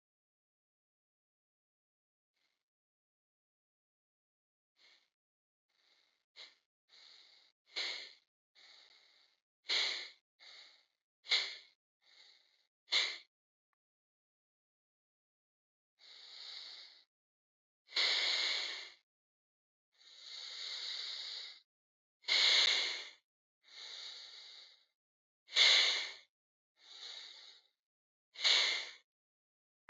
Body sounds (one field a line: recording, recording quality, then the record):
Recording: shallow breathing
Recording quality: excellent, no background noise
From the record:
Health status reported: healthy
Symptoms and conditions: hypertension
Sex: male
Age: 62 years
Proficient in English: yes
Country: India